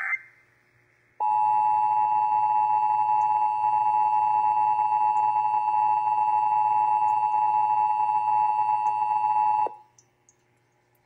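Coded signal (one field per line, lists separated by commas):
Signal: Emergency Alert System (SAME) tones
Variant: 853 and 960 Hz attention tone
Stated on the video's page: Texas Required Monthly Test for October 2024, heard on several Dallas–Fort Worth radio and TV stations.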